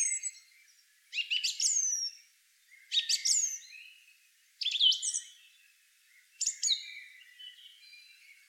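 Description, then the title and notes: Song thrush song: the same sharp, ringing phrase repeated four times, roughly every one and a half seconds, each ending in a quick falling whistle. "Song thrush. Певчий дрозд by deepsweet"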